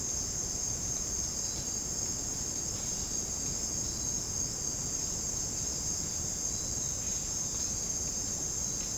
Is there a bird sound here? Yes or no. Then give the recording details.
no. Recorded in dense forest near Puerto Asís, Putumayo, Colombia, on 25 June 2025 at 09:00. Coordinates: 0.499, -76.324. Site G100